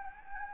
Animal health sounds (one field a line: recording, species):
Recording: mosquito wingbeat signal from an infrared sensor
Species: Anopheles gambiae